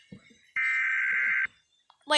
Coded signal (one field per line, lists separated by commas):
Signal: Emergency Alert System (SAME) tones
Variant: header bursts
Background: speech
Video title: rating EAS alarms